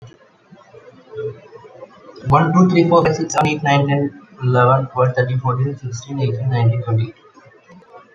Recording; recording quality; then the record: counting at a fast pace; excellent, no background noise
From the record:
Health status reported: COVID-19 positive, mild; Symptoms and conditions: cold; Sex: female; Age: 33 years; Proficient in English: no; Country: India